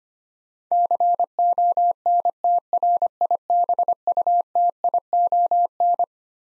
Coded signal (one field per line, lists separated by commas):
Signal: Morse code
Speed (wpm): 25 wpm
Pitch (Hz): 700 Hz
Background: none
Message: CONTRIBUTION